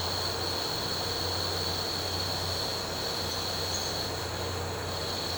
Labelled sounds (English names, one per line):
none